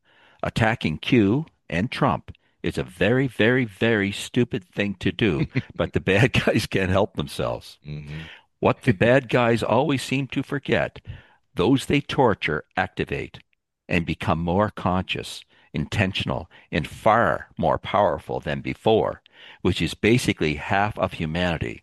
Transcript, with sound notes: Attacking Q and Trump is a very, very, very stupid thing to do-"
(laughs)
"... but the bad guys can't help themselves."
Mm-hmm.
"What the bad guys always seem to forget, those they torture activate."
... and become more conscious, intentional, and far more powerful than before, which is basically half of humanity."